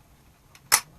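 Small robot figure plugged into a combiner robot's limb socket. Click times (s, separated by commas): 0.7 s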